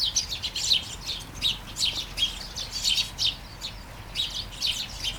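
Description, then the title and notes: Sparrows chirping in quick repeated clusters of bright tweets over soft steady background noise. Flying sparrows in a garden in Taastrup, Denmark, early morning during a light shower; recorded on a Sony PCM-D100 with internal microphones. "Kærengen 8, 2630 Taastrup, Denmark - Flying sparrows. Flying sparrows in the garden, early morning. Light shower. Vols de moineaux dans le jardin, au petit matin. Pluie fine"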